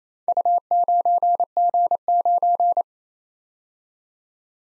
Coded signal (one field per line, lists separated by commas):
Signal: Morse code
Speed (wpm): 28 wpm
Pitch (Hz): 700 Hz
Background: none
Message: U9G9